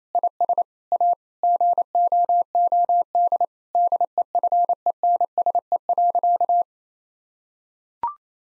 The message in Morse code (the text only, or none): IS A GOOD DEFENSE.